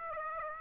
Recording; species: mosquito wingbeat signal from an infrared sensor; Aedes aegypti